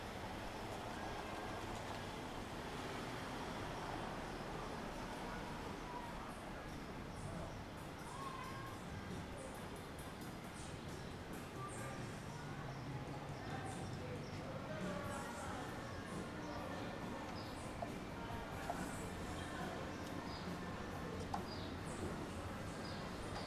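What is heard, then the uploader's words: Walking around Willemstad, Curacao: a steady, dense wash of street noise with overlapping voices murmuring throughout and the low rumble of passing vehicles. Faint clicks and brief brighter sounds pop up here and there, with a small sharp knock near the twenty-one second mark. Walking Around Willemstad Curacao.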